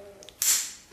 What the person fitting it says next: and you hear it click so that locks the wire into the jaws of the pliers